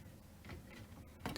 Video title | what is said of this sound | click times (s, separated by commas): How to remove Spray Arms on Bosch Dishwasher & How to clean Spray Arms on Bosch Dishwasher | ng nut nang paikot nang 25 degree dapat itong i -lock sa lugar muli bigyan | 1.3 s, 1.4 s